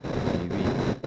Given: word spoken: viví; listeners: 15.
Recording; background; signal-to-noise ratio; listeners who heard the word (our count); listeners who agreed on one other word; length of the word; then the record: one Spanish word in noise, from a listening test; noise modulated by three-talker babble; -7.1 dB; 3 of 15; 10 of 15; 0.67 s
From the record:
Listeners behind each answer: 10, 3, 1, 1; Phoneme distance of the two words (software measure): 7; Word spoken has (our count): 2 syllables, 4 phonemes, stress on syllable 2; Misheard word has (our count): 2 syllables, 5 phonemes, stress on syllable 2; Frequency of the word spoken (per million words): 4.18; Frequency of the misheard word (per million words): 123.34